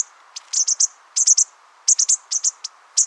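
Bushtits giving thin, very high chips in quick irregular clusters, several notes tumbling together, then brief pauses before the next burst.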